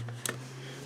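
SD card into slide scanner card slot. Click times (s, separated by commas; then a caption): 0.3 s. An SD memory card is pushed into the card slot on the back of a Kodak Scanza film/slide scanner until it latches. A faint tick at 0.1 seconds is followed by a sharp, bright click at 0.3 seconds over a steady low hum. The card is seated.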